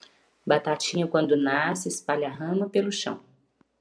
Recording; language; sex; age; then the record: short text; Brazilian Portuguese; female; 30 to 39 years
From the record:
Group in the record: control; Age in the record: 38 years